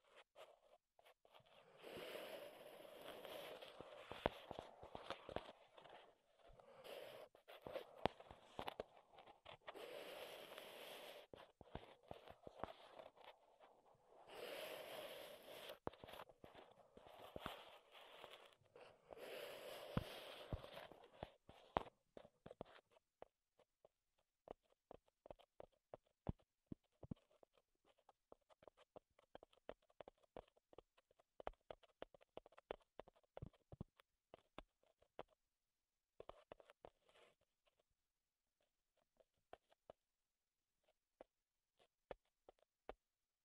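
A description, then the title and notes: Wood triggers, tapped, scratched and rubbed. For the first twenty-two seconds dense scratching and rubbing comes in steady bursts with short pauses, bright and hissy. After that it thins to scattered sharp taps and clicks, irregular and sparser, fading toward the end. ASMR Wood Triggers in Your Ears (No Talking).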